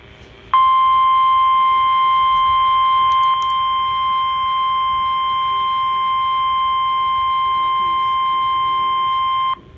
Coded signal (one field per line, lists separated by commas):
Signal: Emergency Alert System (SAME) tones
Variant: 1050 Hz attention tone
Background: speech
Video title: A Little More Action (EAS #104 - #106)